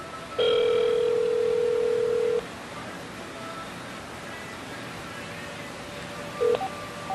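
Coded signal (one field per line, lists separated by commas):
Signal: telephone call progress tone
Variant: North America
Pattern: ringback tone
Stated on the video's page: Call progress tones from an Obihai OBi200 VoIP adapter linked to Google Talk; the dial tone tended to blank out on first power-on while syncing.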